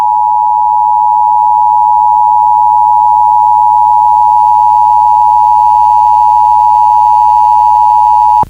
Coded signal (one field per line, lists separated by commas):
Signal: Emergency Alert System (SAME) tones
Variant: 853 and 960 Hz attention tone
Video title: Another Bay Area and Kern Monthly Tests Tuesday (EAS #28628-28666) 9/9/25